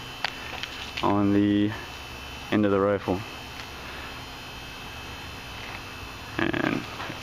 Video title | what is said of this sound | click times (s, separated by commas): The $99 Rifle: Mosin Nagant 91/30 Unboxing | and then it locks locks in place | 0.2 s